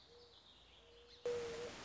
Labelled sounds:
Mourning Dove
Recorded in Sonoma County, California

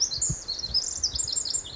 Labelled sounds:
Pacific Wren
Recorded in Sonoma County, California

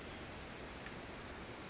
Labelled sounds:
Oak Titmouse
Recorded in Sonoma County, California

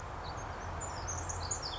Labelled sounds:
Pacific Wren
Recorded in Sonoma County, California

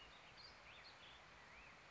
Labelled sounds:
Black-headed Grosbeak
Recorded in Sonoma County, California

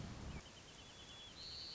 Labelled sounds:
White-crowned Sparrow
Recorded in Sonoma County, California

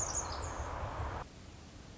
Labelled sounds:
Pacific Wren
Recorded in Sonoma County, California

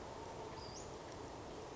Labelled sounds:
Western Flycatcher
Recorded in Sonoma County, California

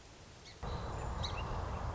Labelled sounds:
Song Sparrow
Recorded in Sonoma County, California

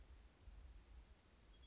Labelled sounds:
Chestnut-backed Chickadee
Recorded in Sonoma County, California

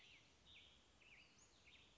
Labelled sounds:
Western Flycatcher
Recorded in Sonoma County, California

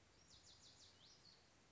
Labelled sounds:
Lazuli Bunting
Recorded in Sonoma County, California

